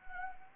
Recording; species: mosquito wingbeat signal from an infrared sensor; Anopheles arabiensis